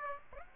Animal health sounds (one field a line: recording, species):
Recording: mosquito wingbeat signal from an infrared sensor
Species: Aedes aegypti